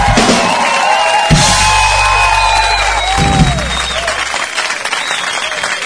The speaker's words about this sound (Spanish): Quiero pedir un aplauso para despedir al maestro …, que vino a tocar para ustedes esta noche.